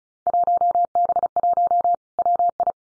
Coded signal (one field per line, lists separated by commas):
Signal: Morse code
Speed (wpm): 36 wpm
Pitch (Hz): 700 Hz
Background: none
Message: 1B1 WI